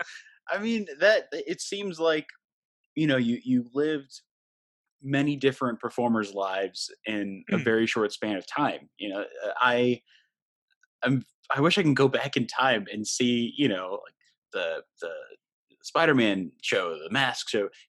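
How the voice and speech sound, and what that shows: Relaxed conversational adult male speech with everyday fillers and frequent pauses; fluent, clear voice with no speech disorder.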